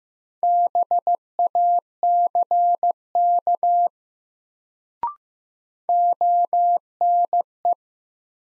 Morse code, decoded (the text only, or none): BACK ONE